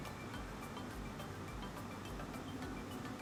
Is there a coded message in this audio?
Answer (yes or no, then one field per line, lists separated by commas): no